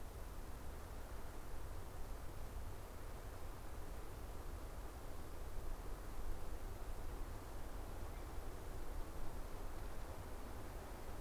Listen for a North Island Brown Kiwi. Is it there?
no